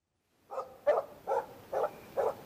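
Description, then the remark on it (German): A dog barks five times in a steady, evenly spaced rhythm, each bark short and mid-pitched, with a faint hiss of background noise between them. “Erst viel zu spät kommt das Gebell dazu.”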